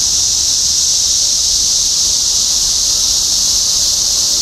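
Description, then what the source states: Cicadas singing together, a shrill steady wall of buzzing sound. Cicadas in Topeka, Kansas, USA, on 14 June 2015.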